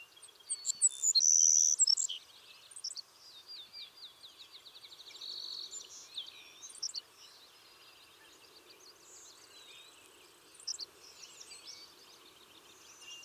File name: Passerculus sandwichensis - Savannah Sparrow